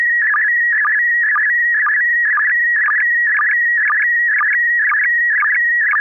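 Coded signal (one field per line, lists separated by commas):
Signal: SSTV (slow-scan television)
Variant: PD120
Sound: warbling electronic tone with rhythmic chirping ticks about twice a second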